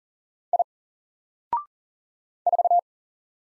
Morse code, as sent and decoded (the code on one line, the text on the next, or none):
.. / ....-
I 4